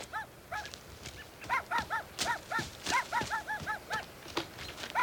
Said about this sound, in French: il y a des chiens ici. Tu sais comment j'ai peur de ça? Mais surtout que dans le bois de même, ça doit être des chiens.